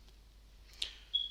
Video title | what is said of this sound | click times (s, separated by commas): Tuto LG G2 : Changer la vitre et le LCD (démontage + remontage) | qui se déclipsent tout simplement qu'on utilise la spatule. | 0.8 s, 1.1 s